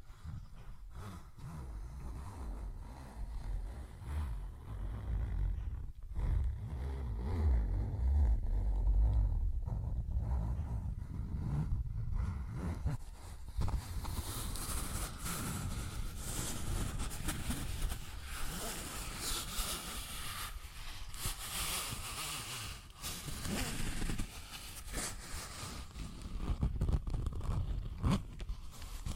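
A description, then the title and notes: Scratching and rubbing sounds fill the recording. For the first dozen seconds the texture is dull and rumbling, broken by a few sharp knocks. From about 13 seconds it turns bright and hissy: dense, continuous scratching with brief pauses. ASMR Tapping, Scratching & Zipper Sounds.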